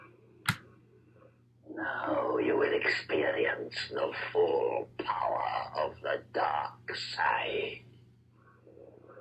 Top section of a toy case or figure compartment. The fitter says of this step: you pull the top one it tends to have this little click to be changed open